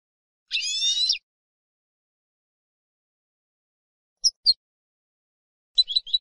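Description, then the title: European goldfinch sounds: a drawn-out nasal, wavering wheeze, then after a pause a pair of sharp chips and a short rattle of high notes. "Jilguero"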